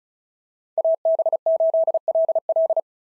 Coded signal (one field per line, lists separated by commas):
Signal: Morse code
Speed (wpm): 34 wpm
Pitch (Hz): 660 Hz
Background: none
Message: AB8LL